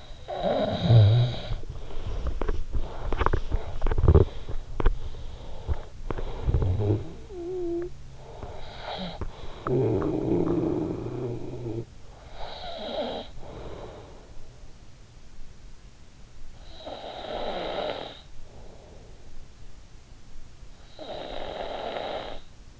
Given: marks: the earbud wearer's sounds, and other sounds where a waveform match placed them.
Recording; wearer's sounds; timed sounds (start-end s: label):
sounds in sleep by an in-ear microphone; snoring breath, teeth grinding
0.00-2.28 s: snoring breath
2.28-6.31 s: teeth grinding
6.31-7.94 s: snoring breath
8.76-14.86 s: snoring breath
16.20-19.26 s: snoring breath
20.86-22.80 s: snoring breath